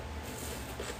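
A sample box is handled as it is put into its lid, with only low, steady rustling and background noise and no sharp transients. Nothing has seated or clicked yet; the box is not yet snapped into the lid.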